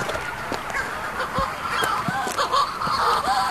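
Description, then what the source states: Shearwaters giving hoarse, crowing calls, repeated irregularly. At night on Skellig Michael; they call like this over land only when returning into the nest, as a way of finding each other.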